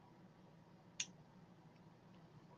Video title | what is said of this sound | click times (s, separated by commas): 5pm est Saturday 7/8/23 TONS OF NEW INVENTORY Sterling Jewelry Auction Hip Flippin Mamma | hear that click | 1.0 s